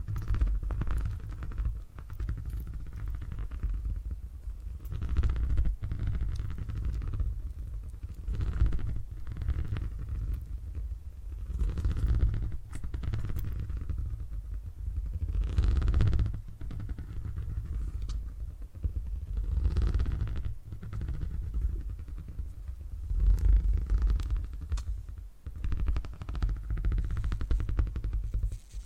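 A deep, continuous purring rumble swells and eases every few seconds, with soft clicks and brief rustling bursts scattered throughout.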